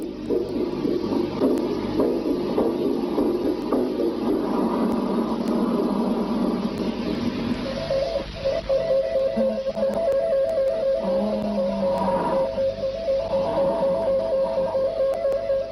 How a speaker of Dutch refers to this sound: In februari 1961 ontvingen zij het volgende signaal. Het klinkt een beetje als een hartslag en wat geheig.